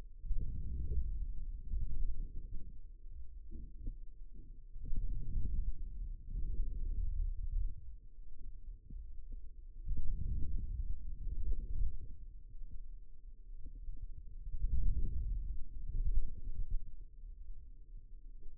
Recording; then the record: forearm muscle sounds (acoustic myography)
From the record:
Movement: outward rotation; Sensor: system 2, bracelet of six BSWA MPA416 microphones around the upper forearm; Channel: 4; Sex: male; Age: 22 years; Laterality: right